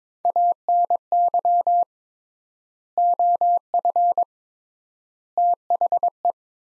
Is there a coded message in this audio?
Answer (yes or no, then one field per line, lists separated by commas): yes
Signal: Morse code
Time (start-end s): 0.2-6.3 s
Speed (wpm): 21 wpm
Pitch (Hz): 700 Hz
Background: none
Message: ANY OF THE